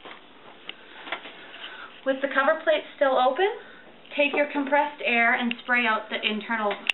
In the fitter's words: and just slide the lamp in until you hear it click into place